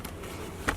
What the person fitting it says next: That clicked.